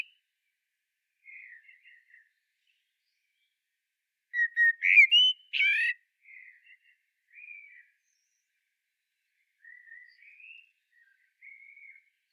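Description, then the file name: Common blackbird song: soft, low fluted whistles around a steady pitch, one louder warbling phrase with a squeaky twitter near the middle, then quiet whistled notes again. "Turdus merula"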